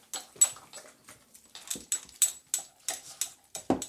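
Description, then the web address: Beagle drinking, with distinct wet laps of the tongue in quick succession, some louder and sloppier than others, in a quiet room. Beagle drinking water indoors. "Sound Effects-BBC Dogs Beagles BBC"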